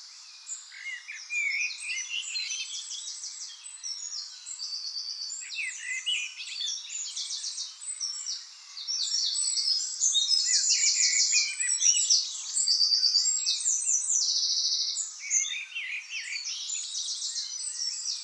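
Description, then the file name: Eurasian wren giving a sustained, energetic song of high chattering notes and dry trills, louder in the middle, over light background noise. "Troglodytes troglodytes"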